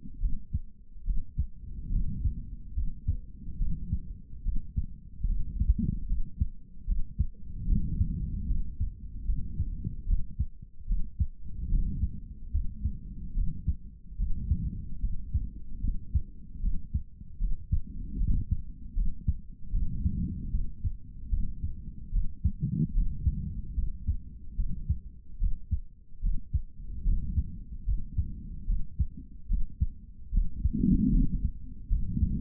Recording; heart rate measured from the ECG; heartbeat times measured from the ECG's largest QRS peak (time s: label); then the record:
heart sounds by stethoscope; 74 bpm
0.20 s: heartbeat
1.04 s: heartbeat
1.90 s: heartbeat
2.74 s: heartbeat
3.58 s: heartbeat
4.43 s: heartbeat
5.27 s: heartbeat
6.07 s: heartbeat
6.86 s: heartbeat
7.67 s: heartbeat
8.47 s: heartbeat
9.26 s: heartbeat
10.06 s: heartbeat
10.86 s: heartbeat
11.69 s: heartbeat
12.52 s: heartbeat
13.34 s: heartbeat
14.17 s: heartbeat
15.01 s: heartbeat
15.81 s: heartbeat
16.60 s: heartbeat
17.39 s: heartbeat
18.18 s: heartbeat
18.94 s: heartbeat
19.72 s: heartbeat
20.51 s: heartbeat
21.30 s: heartbeat
22.11 s: heartbeat
22.93 s: heartbeat
23.75 s: heartbeat
24.56 s: heartbeat
25.38 s: heartbeat
26.21 s: heartbeat
27.04 s: heartbeat
27.85 s: heartbeat
28.66 s: heartbeat
29.48 s: heartbeat
30.31 s: heartbeat
31.11 s: heartbeat
31.89 s: heartbeat
From the record:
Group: healthy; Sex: male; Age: 55 years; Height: 167 cm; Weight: 57.2 kg